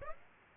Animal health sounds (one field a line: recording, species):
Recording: mosquito wingbeat signal from an infrared sensor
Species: Aedes aegypti